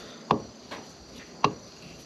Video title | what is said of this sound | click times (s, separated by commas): Torqmasters Locker Install in Mule Pro FXT | And you can hear it popping off there. | 0.3 s, 1.4 s